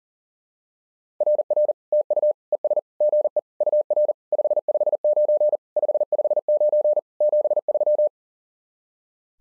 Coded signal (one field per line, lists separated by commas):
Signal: Morse code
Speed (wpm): 40 wpm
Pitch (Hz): 600 Hz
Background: none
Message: RR TU ES GE UR 559 559 73